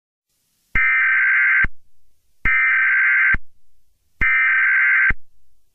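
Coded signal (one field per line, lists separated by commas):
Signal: Emergency Alert System (SAME) tones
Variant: header bursts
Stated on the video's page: Mini EAS scenario, a simulated alert.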